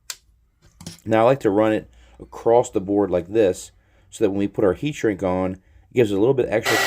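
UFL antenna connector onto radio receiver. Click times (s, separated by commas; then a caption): 0.1 s. A small UFL antenna connector is pressed down with a little driver or a thumb onto a Mini Immortal T radio receiver board, giving a sharp click at 0.1 s as it seats in place. Someone then talks.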